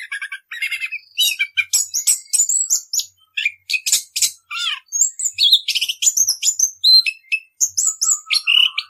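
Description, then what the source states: Orange-headed thrush in continuous song, mixing rattling trills, thin high whistles and scratchy chirps in a brisk stream with only short gaps. Continuous rolling song (ngerol).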